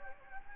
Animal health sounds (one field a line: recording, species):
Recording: mosquito wingbeat signal from an infrared sensor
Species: Anopheles gambiae